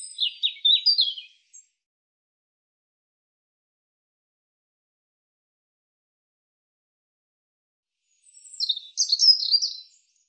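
European robin delivering two brief, high trilling phrases with a long silent gap between them, each a rapid run of thin, twittering notes.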